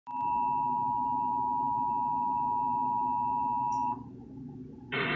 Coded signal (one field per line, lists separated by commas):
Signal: Emergency Alert System (SAME) tones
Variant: 853 and 960 Hz attention tone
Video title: EAS Child Abduction Alert (9/13/2018)